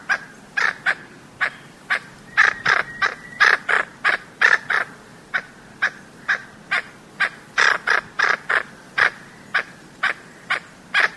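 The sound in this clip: Blue-banded toucanet calling in a long, fast run of rough, grating notes, uneven spacing, several paired notes, steady throughout with faint background hiss.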